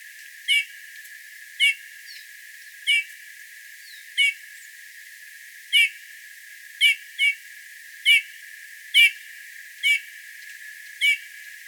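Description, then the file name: Eurasian bullfinch giving a series of short, soft piping notes, about eleven, roughly once a second. "Pyrrhula pyrrhula"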